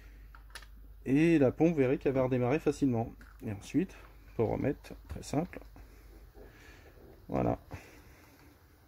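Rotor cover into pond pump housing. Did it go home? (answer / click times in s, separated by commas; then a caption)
no / none. After the rotor and its housing are cleaned, the plastic rotor cover is handled back onto the small 1000 litres/hour pond pump from a Pondclear 3000 Superfish pond filtration kit. Someone talks throughout, with brief handling knocks around 0.4 and 0.5 seconds. Nothing has seated or clicked yet; the cover is not yet home.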